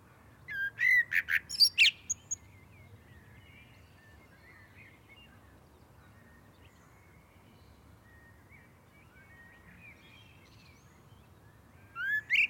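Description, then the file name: Common blackbird song: a short phrase of whistles and high twitters at the start and another beginning at the end, with steady background hiss between. "Turdus merula"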